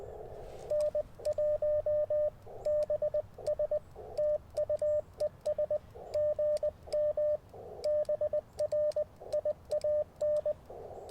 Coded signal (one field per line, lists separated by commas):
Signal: Morse code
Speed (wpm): 20 wpm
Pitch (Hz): 600 Hz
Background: radio noise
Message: N1BS TU ES GM BRIAN